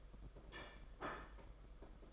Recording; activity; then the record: daily activity, microphone in the room; place plate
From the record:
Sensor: 5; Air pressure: 992.0 hPa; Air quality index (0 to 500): 166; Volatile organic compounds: 413 ppm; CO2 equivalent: 4692 ppm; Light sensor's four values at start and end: 31/106/39/42 and 31/106/39/42